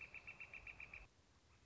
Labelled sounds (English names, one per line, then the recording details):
Northern Flicker
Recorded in Sonoma County, California